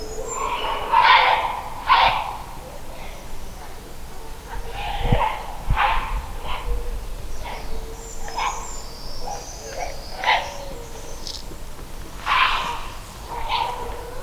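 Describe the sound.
Heron giving harsh, raspy squawks in short bursts, repeated irregularly every one to two seconds over a low background rumble.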